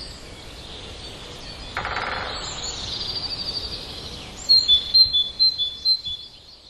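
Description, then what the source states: Common redstart song: after a noisy, hissing stretch, a short run of high, thin repeated notes alternating in pitch ends the phrase. Song containing borrowings (mimicry) of great tit.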